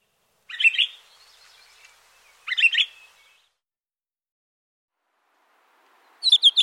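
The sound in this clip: Pine grosbeak calls: three short bursts of whistled, slightly buzzy notes, about two seconds and then nearly four seconds apart.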